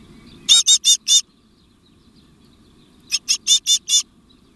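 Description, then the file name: Great tit calls: a burst of four harsh, buzzy notes, then after about two seconds a second burst of five similar chattering notes. "Parus major"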